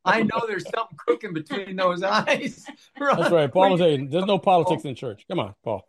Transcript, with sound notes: I know there's something cooking between those eyes. (laughs)
That's right. Paul was like, "There's no politics in church." Come on, Paul.